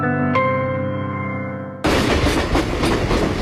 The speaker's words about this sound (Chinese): 相比较而言呢，绿皮火车就像是老古董，哐当哐当的铁轨声承载的是人们过去的记忆。记忆中的绿皮火车总是与速度慢、拥挤、不舒适相关联。